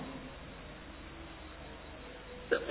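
A single abrupt sneeze bursts out after a stretch of quiet hiss, a short two-part blast that is loud and breathy, cutting off right at the end.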